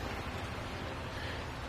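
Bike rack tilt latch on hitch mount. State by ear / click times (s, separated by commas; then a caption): not seated / none. A Kuat Piston Pro X hitch-mounted bike rack for two bikes on a 2022 Subaru Forester is lifted from its tilted-down position back up toward the upright travel position. Only steady broadband noise with a low rumble is heard, with no distinct impacts. The tilt latch has not clicked yet, and nothing has seated.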